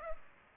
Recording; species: mosquito wingbeat signal from an infrared sensor; Culex pipiens